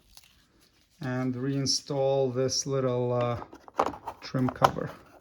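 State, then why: Not seated. Someone talks while a small plastic trim cover is handled for reinstallation into the body panel of a 2021-2026 Toyota Sienna, during license plate light lens assembly work. A few faint, brief handling noises are heard near the end, but nothing has seated or clicked yet.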